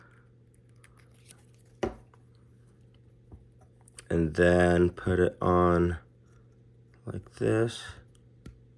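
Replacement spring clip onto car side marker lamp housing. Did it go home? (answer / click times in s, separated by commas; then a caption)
no / none. A glued, 3D-printed ABS/ASA replacement spring clip is handled at the plastic side marker lamp housing of a car. There are faint taps and handling noises, and one sharper tap near 1.8 s, while someone talks. The clip has not snapped onto the housing yet, and nothing has seated or clicked.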